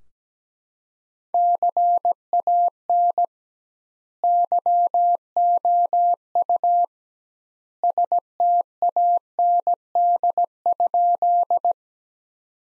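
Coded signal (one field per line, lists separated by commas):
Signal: Morse code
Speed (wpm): 17 wpm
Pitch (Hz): 700 Hz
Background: none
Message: CAN YOU STAND?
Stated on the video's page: Practice sentences from the top 300 words at 17 wpm with double word spacing, a word-level Farnsworth-style method.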